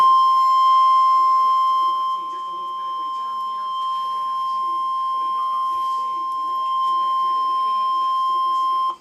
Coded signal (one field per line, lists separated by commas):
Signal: Emergency Alert System (SAME) tones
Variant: 1050 Hz attention tone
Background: speech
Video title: EAS Alert #329 (SVR)